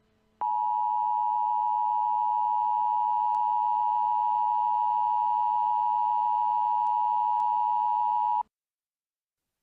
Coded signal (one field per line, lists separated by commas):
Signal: Emergency Alert System (SAME) tones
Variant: 853 and 960 Hz attention tone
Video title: The goods and bads of EAS Scenarios